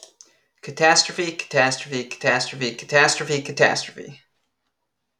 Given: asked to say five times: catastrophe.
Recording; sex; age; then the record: repeated word; female; 30 to 39 years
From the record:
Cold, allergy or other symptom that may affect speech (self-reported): no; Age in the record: 33 years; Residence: Virginia, United States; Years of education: 16